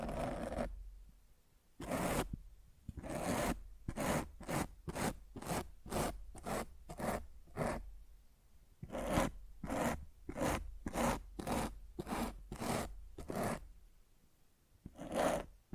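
Scratching on a microphone comes as a series of short, harsh rubbing strokes, each a rough burst from deep rumble up to a bright hiss. The strokes speed up into quick regular runs around 4–7 and 9–13 seconds, separated by brief near-silent pauses.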